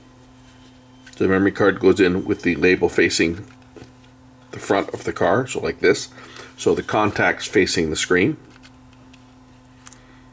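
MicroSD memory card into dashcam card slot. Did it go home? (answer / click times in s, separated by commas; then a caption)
yes / 9.9 s. A microSD memory card is pushed into the card slot of a VIOFO A129 Pro Duo dashcam, label facing the front of the car and contacts toward the screen. Someone talks from about 1.2 to 8.3 seconds, then soft handling sounds follow near 8.9 and 9.1 seconds. The spring latch gives a short double click at 9.9 seconds as the card seats.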